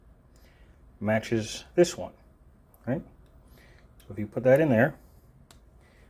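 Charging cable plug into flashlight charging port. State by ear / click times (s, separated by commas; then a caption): seated / 5.5 s. Someone talks while pushing the oval magnetic or proprietary plug of the supplied charging cable into the charging port of a Boruit EDC flashlight. A short, sharp click is heard at 5.5 s, and the plug sits solidly in the port, ready to charge.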